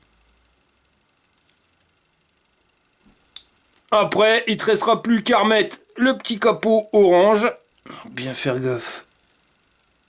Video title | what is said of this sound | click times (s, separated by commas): Installer un indicateur de niveau de batterie sur Mobylette | on met le noir et en antique jusqu'au clic | 3.4 s